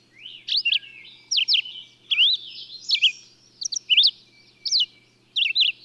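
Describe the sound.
Bird song made of quick, sharp chirps and swooping whistles in paired bursts, spaced unevenly, over a faint chattering backdrop.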